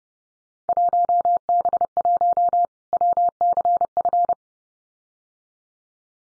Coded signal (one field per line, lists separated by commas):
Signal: Morse code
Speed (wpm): 30 wpm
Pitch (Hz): 700 Hz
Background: none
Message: 1B1 WCF